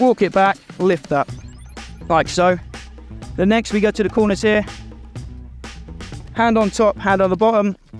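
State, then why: Not seated. Someone talks over background music while walking a folding pop-up tent frame back, lifting it, and moving to a corner, with one hand on top and one on the bottom of the sliding corner joint that locks onto the leg. A few brief soft knocks come around 5.2 to 6.0 seconds as the frame is handled, but the joint has not yet been pressed up to seat, and nothing has clicked in yet.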